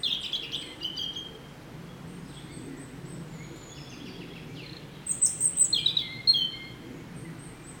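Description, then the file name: European robin singing short, high tinkling phrases, one near the start and a fuller burst of quick trills late on, with faint background hum between. "Erithacus rubecula"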